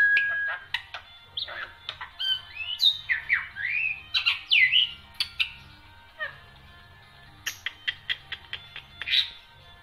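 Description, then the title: Black-winged myna song, a jumble of harsh squawks and short whistled notes, with bursts of rapid clicking ticks between phrases. Dense, non-stop song with many variations, used as a tutor recording for training songbirds. "Kicauan Rapat Jalak Putih Gacor Banyak Variasi Untuk Masteran"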